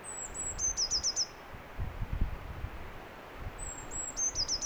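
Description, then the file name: Eurasian blue tit sings a high thin note leading into a fast trill, then starts the phrase again at the end, over low background noise. "Cyanistes caeruleus"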